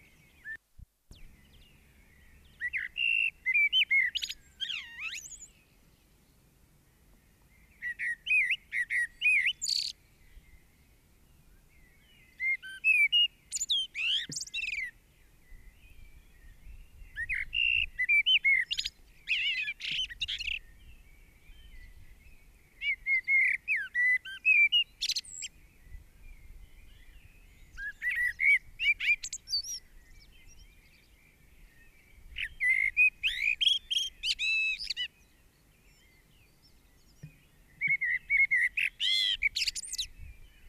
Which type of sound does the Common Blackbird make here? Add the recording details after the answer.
song. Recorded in the wild. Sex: male. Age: adult. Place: Garmisch-Partenkirchen, Bayern, DE. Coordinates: 47.4919, 11.0742. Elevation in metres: 707. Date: 1967-03-26. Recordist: Tretzel, Erwin. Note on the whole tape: Ostern 1967. Haus gegenüber Sportplatz an Maximillianstraße: Gesang einer Amsel mit Imitationen